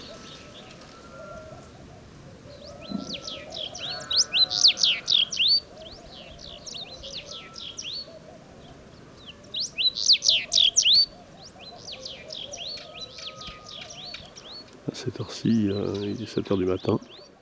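House buntings sing in repeated bright, rattling phrases around 4 and 10 seconds over a low rumble, with a brief voice near the end.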